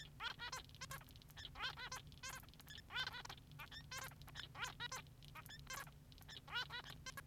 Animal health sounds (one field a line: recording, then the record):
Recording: song of a male Bengalese finch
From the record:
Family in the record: son of father 3